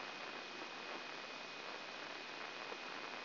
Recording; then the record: brain microelectrode recording played as sound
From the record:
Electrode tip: inside the subthalamic nucleus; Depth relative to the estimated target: 1 mm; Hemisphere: right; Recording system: AlphaMap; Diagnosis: Parkinson's disease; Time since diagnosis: 9 years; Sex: male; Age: 53 years